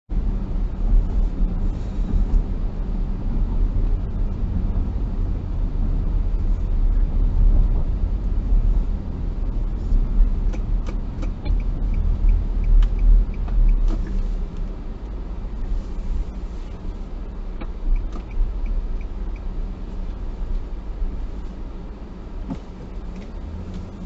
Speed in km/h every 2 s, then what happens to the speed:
52, 51, 49, 46, 43, 36, 30, 24, 23, 21, 16, 15.
0-20 slows to 16.